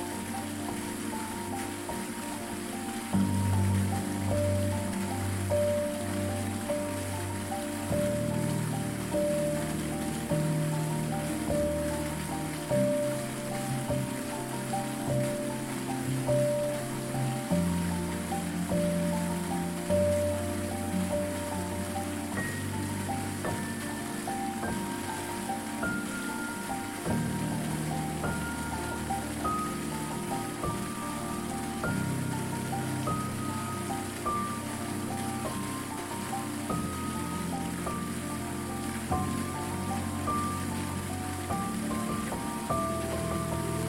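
A waterfall pours onto rocks in a steady, dense hiss that never lets up. Music plays over it, with soft low bass notes shifting every few seconds and a gentle melody that climbs step by step through the second half.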